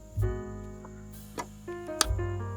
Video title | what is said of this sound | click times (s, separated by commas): EASY Install on my 2025 GMC Canyon Denali - Redline Tuning QuickLIFT PLUS | and it should pop into place nice and easy. | 2.0 s